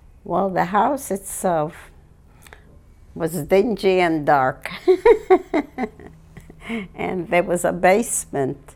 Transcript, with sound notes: Well, the house itself was dingy and dark. ( she laughs ) And there was a basement.